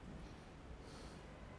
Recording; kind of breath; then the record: one breath in and out by a microphone near the nose and mouth; normal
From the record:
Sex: male